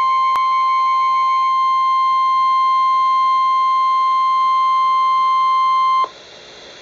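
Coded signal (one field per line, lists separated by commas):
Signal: Emergency Alert System (SAME) tones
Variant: 1050 Hz attention tone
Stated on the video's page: Severe thunderstorm warning received on NOAA Weather Radio.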